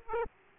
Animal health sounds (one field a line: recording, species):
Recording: mosquito wingbeat signal from an infrared sensor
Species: Aedes aegypti